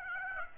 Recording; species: mosquito wingbeat signal from an infrared sensor; Aedes aegypti